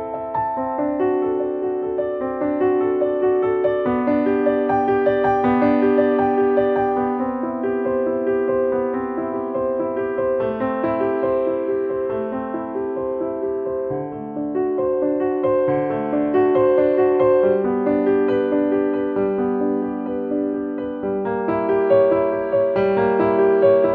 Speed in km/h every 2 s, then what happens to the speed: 10, 18, 26, 34, 40, 47, 52, 55, 60, 61, 63, 64.
0-24 speeds up to 64.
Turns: none.